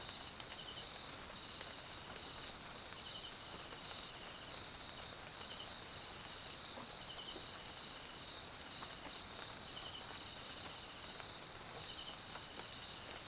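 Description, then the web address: Crickets keep up continuous high pulsed trills in two close pitches while rain hisses steadily and drops patter now and then. South African crickets; Mkhaya, Swaziland; jungle at night during rain; background ambience. "GDC 2018-Game Audio Bundle Tonschliff - SOUTH AFRICAN CRICKETS BG Swaziland Mkhaya Jungle Night Rain"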